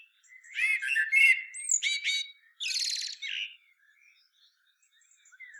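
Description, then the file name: Common blackbird singing a mellow warbled phrase that breaks into thin chirps and then a dense buzzy twitter, followed by near silence with faint notes. "Turdus merula"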